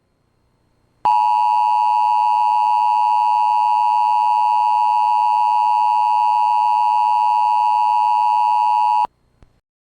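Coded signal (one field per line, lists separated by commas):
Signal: Emergency Alert System (SAME) tones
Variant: 853 and 960 Hz attention tone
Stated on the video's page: Simulated EAS scenario depicting a cyberattack.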